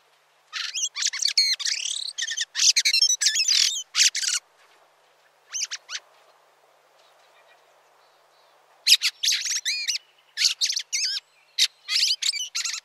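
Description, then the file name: Fieldfare song: squeaky, chattering phrases of scratchy, rapidly varied notes in bursts, with a quiet gap midway before the chatter resumes. "Grive litorne"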